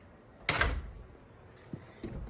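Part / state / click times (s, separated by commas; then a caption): door latch bolt into strike plate / seated / 0.5 s. A newly installed LCN door closer swings the door shut, and the latch bolt snaps into the strike plate at 0.5 s with a sharp, loud bang followed by a brief low rumble. A few faint knocks follow near 1.7 s and after 2.0 s. The latch catches and the door is closed.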